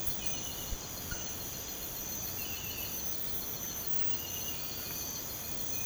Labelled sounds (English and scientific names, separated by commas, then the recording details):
none
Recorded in pastures near Puerto Asís, Putumayo, Colombia, on 24 March 2025 at 04:30
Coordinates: 0.472, -76.329
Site G074